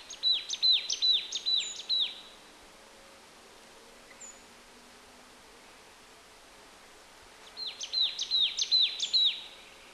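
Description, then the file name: Marsh tit calls: a quick run of sharp, high, down-slurred notes, then a pause of several seconds and a second similar burst. "Poecile palustris"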